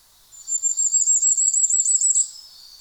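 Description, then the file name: Common firecrest song, a very high, thin series of rapid notes lasting about two seconds. "tuzesfeju kiralyka Regulus ignicapilla"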